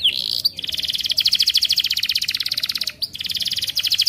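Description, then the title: Atlantic canary singing a dense, fast, rattling trill held for over two seconds, briefly interrupted, then resumed. Energetic, persistently singing canary ('gacor') with the best 'cengkok' song phrasing and the richest 'isian' song content. "Kenari Gacor Cengkok Terbaik Isian Paling Mewah Kenarigacor Kicaumania Kenari"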